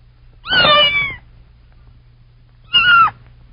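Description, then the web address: Cat: kitten meowing twice, a drawn-out high mew and then a shorter one a couple of seconds later, over a faint low steady hum. "Bobby Cole Kitten"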